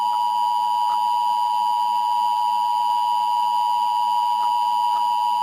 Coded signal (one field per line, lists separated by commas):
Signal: Emergency Alert System (SAME) tones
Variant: 853 and 960 Hz attention tone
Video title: EAS Scenario Spirit Halloween Animatronics